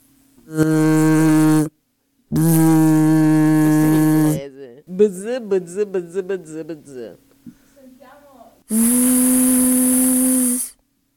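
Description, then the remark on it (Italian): Voices imitate a bee's buzz with three long, steady droning zzz sounds, each lasting one to two seconds, the last after a brief stretch of spoken talk. “Voglio sentire come fa l'ape.”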